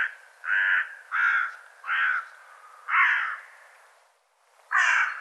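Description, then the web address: Bird calling with five loud, hoarse caws spaced roughly a second apart, with a short lull before the last. "cianscape birddata"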